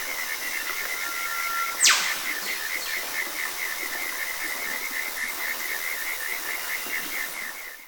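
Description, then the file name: Eastern Whipbird call: a level drawn-out whistle snapping into a loud whip-crack, while a rhythmic pulsing insect chorus runs throughout. Rainforest evening in Australia, with a stream and insects. "zapsplat nature rainforest evening ambience australia stream insects birds eastern whipbird"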